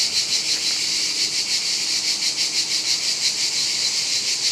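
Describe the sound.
Cicadas buzzing in a continuous, hissing drone with a quick, even pulsing throb, unbroken throughout.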